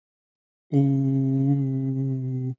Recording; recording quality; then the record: sustained vowel as in boot; excellent, no background noise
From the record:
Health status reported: healthy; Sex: male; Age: 21 years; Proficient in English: yes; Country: India